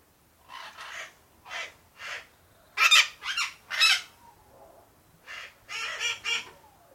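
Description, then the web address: Parakeet calls, harsh squawky notes in irregular bursts, some single, some in quick pairs and triplets, over a quiet background. Calm parakeets. "the sound pack tree. calm parakeets"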